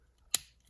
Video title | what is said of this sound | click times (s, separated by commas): Transformers Studio Series Concept Art Megatron Review | hi hips back to where they came from and then you're going to hear that snap again | 0.3 s